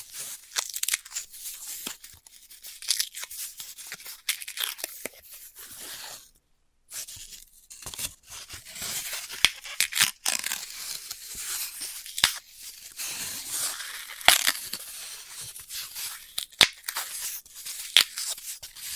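Floral foam being cut and crushed, with dense crackly crunching and scratchy tearing sounds, mostly bright and hissy. Short sharp clicks and snaps punctuate the texture irregularly, and a brief dead silence falls around the seventh second before the crumbling resumes.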